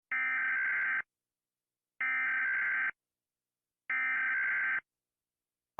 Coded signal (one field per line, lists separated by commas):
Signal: Emergency Alert System (SAME) tones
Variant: header bursts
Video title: Rating EAS Alarms w/ Nobita (Pt.1)